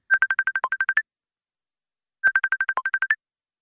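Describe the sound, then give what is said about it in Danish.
A telephone ringing tone as a call is placed to a man offering to sell handguns: two bursts of rapid electronic beeps, each about a second long with a brief lower note near the end, separated by a pause of over a second. No one speaks. “Så derfor så tænker jeg, nu prøver jeg lige at ringe til ham og høre, om han rent faktisk mener det her med, at han vil sælge dem til mig.”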